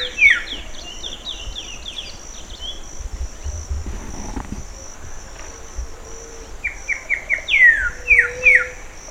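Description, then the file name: Bird calls: quick downslurred whistled notes in short bursts at the start and again near the end, over a steady high insect-like hum and low rumble. "SABIOD 50 bird 2015"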